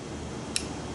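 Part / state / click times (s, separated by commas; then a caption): solenoid regulator valve into valve body bore / partly seated / 0.6 s. A steel solenoid regulator valve is pushed again into the bore of an aluminium valve body from a 4R70W/4R75W/4R75E transmission. A single sharp click at 0.6 s marks the valve passing a ridge in the worn bore, showing it only partly slides freely.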